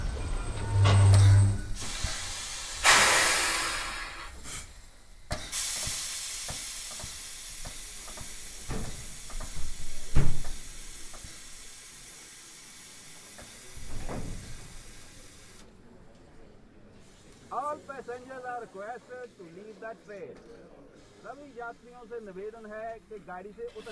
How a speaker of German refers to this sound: Und am folgenden Morgen, also am Morgen des 22. Oktober, wenn ich das einfügen darf, blieb der Zug überraschenderweise mitten auf einer großen Lichtung stehen.